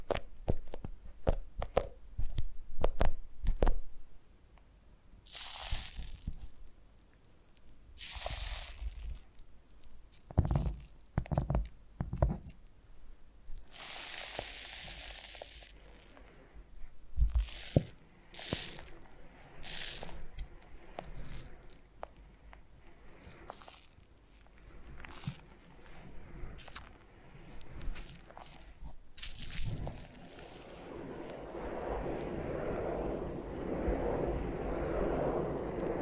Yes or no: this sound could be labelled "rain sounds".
no